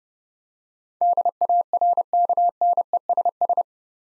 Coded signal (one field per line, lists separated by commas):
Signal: Morse code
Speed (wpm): 30 wpm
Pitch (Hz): 700 Hz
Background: none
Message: DARKNESS